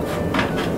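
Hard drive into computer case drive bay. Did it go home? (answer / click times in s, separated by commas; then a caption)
no / none. A hard drive, top facing up, is lined up with the slots of a tool-less drive cage in a computer case bay and handled before being pushed in. A steady broadband rumble runs throughout, with a brief louder scrape around 0.3 to 0.5 s. Nothing has seated or clicked yet.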